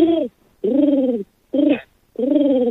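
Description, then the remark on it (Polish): A person imitates a pigeon's cooing with four low, throaty coos in a slow rhythm, each a rounded, slightly falling hum separated by short pauses. “Proszę państwa, no i ten gołąb to jest prawdziwie zakochany gołąb, tak grucha o poranku.”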